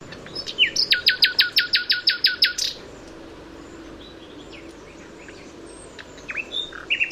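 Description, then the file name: Common nightingale giving a loud series of about a dozen sharp repeated whip-like notes, then a pause with soft chirps and whistles. "Luscinia megarhynchos"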